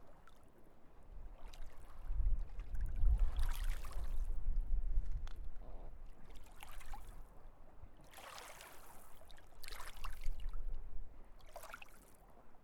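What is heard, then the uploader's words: Rain falls over the glacier river lagoon at Jökulsárlón, with a deep rumble swelling between about two and five seconds. Hissing, splashing bursts of water break through every second or two, strongest near eight to ten seconds. Icebergs break off the Breiðamerkurjökull glacier and drift through the water into the Atlantic Ocean.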